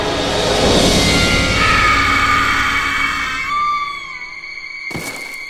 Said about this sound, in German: Ein Schatten fällt an der Öffnung vorbei nach unten. Ein kurzer, dumpfer Aufprall.